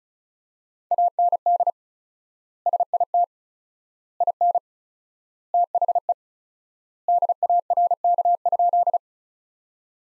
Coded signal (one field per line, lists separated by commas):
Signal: Morse code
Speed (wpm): 34 wpm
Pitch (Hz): 700 Hz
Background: none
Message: AND SIT IN THE DARK?